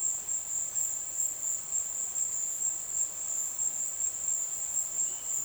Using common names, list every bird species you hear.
none